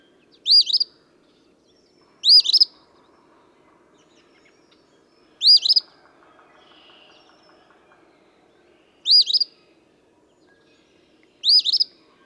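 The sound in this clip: Eastern phoebe song, five husky fee-bee phrases spaced irregularly over twelve seconds.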